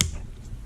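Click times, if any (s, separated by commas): 0.0 s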